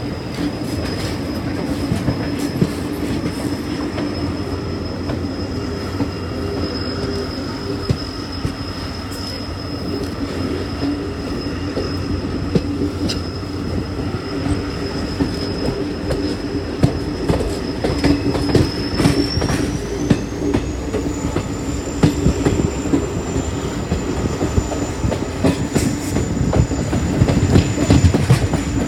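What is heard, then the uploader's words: A train rolls steadily along, its constant low rumble filling the carriage with dense clatter and thumps throughout. A thin, high whine holds steady, then rises in pitch around the twentieth second and stays there, while the rattling grows slightly busier toward the end. Train journey in india. Traveling to my village in train.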